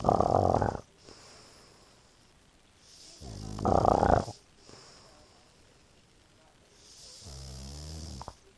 Husband snoring.